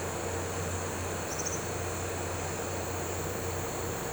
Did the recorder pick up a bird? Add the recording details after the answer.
no. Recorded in pastures near Puerto Asís, Putumayo, Colombia, on 9 March 2025 at 09:00. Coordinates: 0.466, -76.322. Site CSA-02